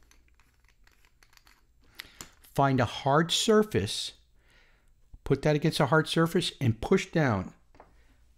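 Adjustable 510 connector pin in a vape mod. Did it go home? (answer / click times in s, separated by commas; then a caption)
no / none. With the top cap off, a NEXCII LOKI carbon fiber vape mod is handled and pressed against a hard surface to push its adjustable, spring-loaded 510 connector pin toward its raised position. Faint handling taps occur around 1.2–2.5 s, and someone talks from about 2.5–4.1 s and 5.2–7.6 s. The pin has not clicked or seated yet.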